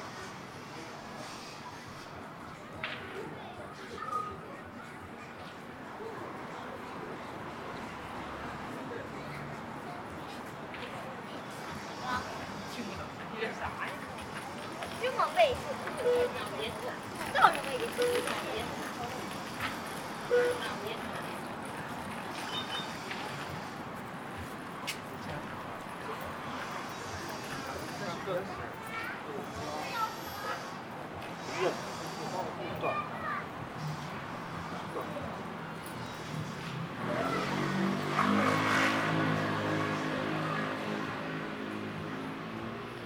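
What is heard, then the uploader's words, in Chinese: City sounds at Ditan in Beijing: a steady wash of crowd murmur and traffic noise runs throughout, with scattered voices rising above it. Sharp brief sounds stand out around 15 to 20 seconds, and near 37 seconds a low engine-like rumble swells for several seconds. 城市声音。北京地坛。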